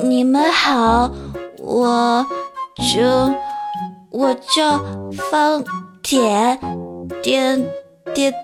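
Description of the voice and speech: A high, child-like voice gives a brief Mandarin self-introduction with drawn-out vowels and pauses, then repeats the last syllable of the name three or four times. These are the part-word repetitions and prolongations of stuttering, acted by an audiobook narrator voicing a nervous boy.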